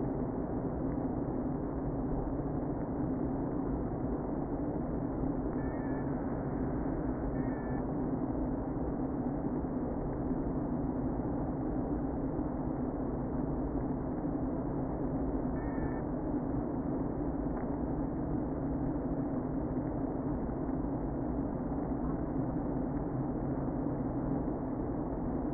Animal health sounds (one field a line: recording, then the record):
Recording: honeybee colony, microphone inside the hive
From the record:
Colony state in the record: queen present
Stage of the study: before two queens were removed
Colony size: about 60,000 bees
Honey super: yes